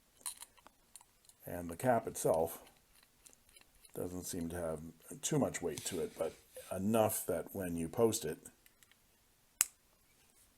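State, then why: Seated. Someone talks while handling a Crocodile 377 fountain pen, then pushes its cap onto the rear end of the barrel to post it. The cap seats with a single sharp, solid click at 9.6 s, followed by a faint tick near the end.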